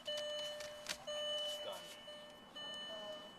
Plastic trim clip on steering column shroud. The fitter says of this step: you hear it hear it snap snap snap snap